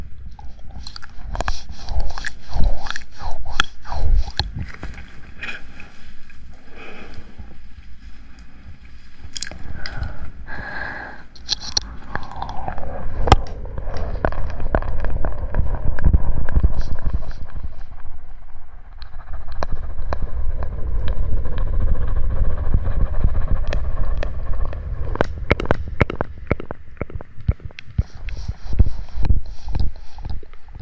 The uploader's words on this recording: ASMR mouth sounds + mic pumping, swirling, tapping, and gripping.